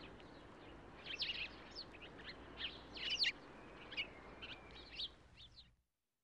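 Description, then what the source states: Birds chirping, with short high chirps and twittering notes scattered throughout over a steady rushing background hiss, all cutting off abruptly just before the end. Birds chirping with a river in the distance.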